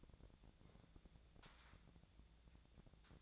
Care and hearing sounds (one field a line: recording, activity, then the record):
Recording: daily activity, microphone in the room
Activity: take from stove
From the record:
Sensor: 3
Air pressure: 1000.0 hPa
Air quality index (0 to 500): 125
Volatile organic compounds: 2 ppm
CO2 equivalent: 1124 ppm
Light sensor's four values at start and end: 45/114/49/54 and 45/113/49/54